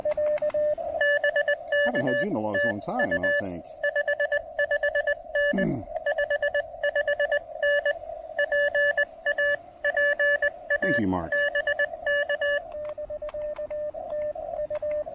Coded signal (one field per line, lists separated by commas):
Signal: Morse code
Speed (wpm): 20 wpm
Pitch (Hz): 1750 Hz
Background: speech, radio noise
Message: BK TU 55N 55N PA PA BK